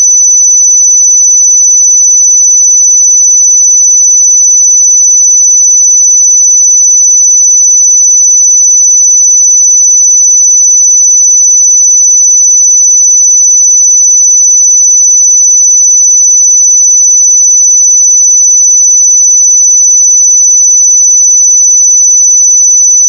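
A pure sine tone at 5995 Hz holds perfectly steady for the whole stretch, a single thin, piercing high pitch with no wavering in level or pitch. Nothing else is heard around it, and it cuts off abruptly at the very end.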